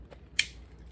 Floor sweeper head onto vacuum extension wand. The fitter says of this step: it just clicks into place and then you can extend this out